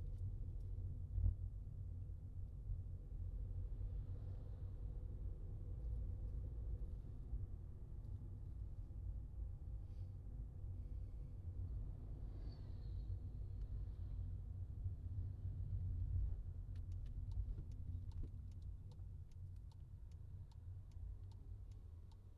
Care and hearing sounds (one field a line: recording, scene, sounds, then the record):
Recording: everyday scene through a hearing-aid microphone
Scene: in a vehicle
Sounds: engine, traffic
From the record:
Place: Skoda Fabia, gasoline engine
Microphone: in the ear canal, left